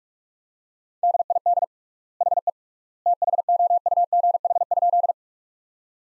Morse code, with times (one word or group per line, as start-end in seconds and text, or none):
1.0-1.6 DID
2.2-2.5 HE
3.1-5.1 THOUGH?